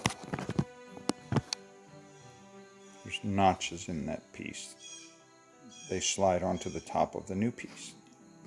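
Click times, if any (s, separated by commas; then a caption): none. A door lock cable end is handled at the top of a new door lock actuator for a 2011 Hyundai Genesis, to be slid on and pressed into its notch. Several brief clicks and taps are heard near the start while someone talks over faint background music. Nothing has seated or clicked into place yet.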